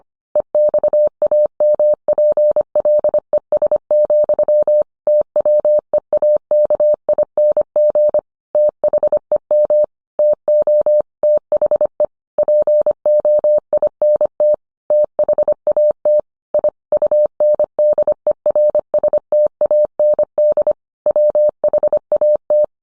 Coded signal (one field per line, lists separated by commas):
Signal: Morse code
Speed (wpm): 25 wpm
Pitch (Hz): 600 Hz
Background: none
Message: EXAMPLES, TWEAKING THEM TO THE POINT THAT I UNDERSTAND WHAT